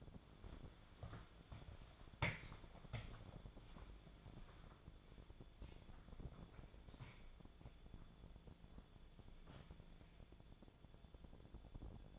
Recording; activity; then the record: daily activity, microphone in the room; walk to room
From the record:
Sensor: 5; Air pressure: 1000.0 hPa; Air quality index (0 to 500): 87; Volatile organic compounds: 1 ppm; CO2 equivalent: 716 ppm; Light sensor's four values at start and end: 314/757/324/366 and 314/780/326/364